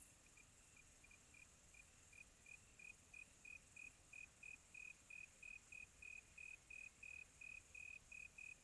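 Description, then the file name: Cricket chirps beginning soft and irregular, then settling into a steady, evenly spaced pulse, over a faint high background hiss. Quiet tropical night. "quiet tropical night with cricket"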